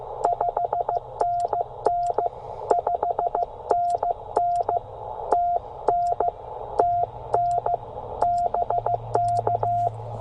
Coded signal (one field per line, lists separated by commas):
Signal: Morse code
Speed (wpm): 16 wpm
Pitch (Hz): 690 Hz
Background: radio noise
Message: 5NN 5NN TN TN BK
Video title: Even in the worst conditions, 5 watts and CW can pull at least 10 for a POTA activation.